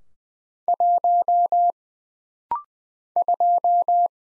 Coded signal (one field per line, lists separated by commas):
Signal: Morse code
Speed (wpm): 20 wpm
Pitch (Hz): 700 Hz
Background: none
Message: 1 2